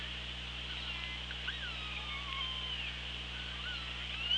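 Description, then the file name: Killer whale calls: a descending, slightly wavering tonal call followed by softer whistles, heard through steady hiss and a low constant hum. OrcaLab hydrophone at Cracroft Point, 24 August 2017, 16:36. "Orca Lab 20170824 163613 CP"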